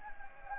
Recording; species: mosquito wingbeat signal from an infrared sensor; Anopheles gambiae